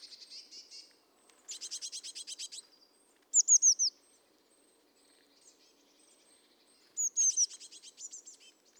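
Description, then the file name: Eurasian blue tit giving buzzy, rattling scold series between high, thin downslurred notes, the churring bursts coming a few seconds apart. "Cyanistes caeruleus"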